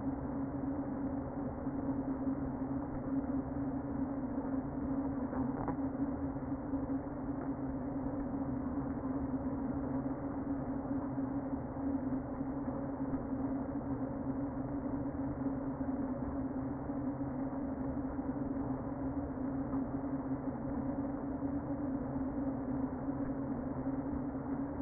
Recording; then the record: honeybee colony, microphone inside the hive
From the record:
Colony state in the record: queen present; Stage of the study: before two queens were removed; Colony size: about 60,000 bees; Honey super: yes